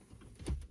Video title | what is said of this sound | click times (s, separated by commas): How to install JK AC Vent Rings | like that. You hear a click, you rotate to the left, out comes. | 0.5 s